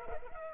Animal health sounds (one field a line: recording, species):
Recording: mosquito wingbeat signal from an infrared sensor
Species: Culex pipiens